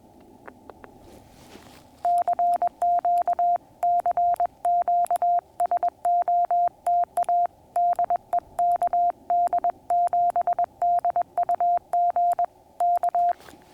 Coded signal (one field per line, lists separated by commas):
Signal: Morse code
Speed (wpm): 21 wpm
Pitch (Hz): 700 Hz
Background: none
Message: CQ CQ SOTA DE KD7DUG K